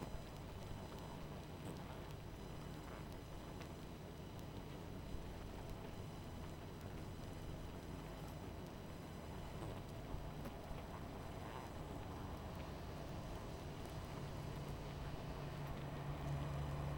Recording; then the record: honeybee colony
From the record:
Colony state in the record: missing queen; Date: 14 July 2017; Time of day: 23:01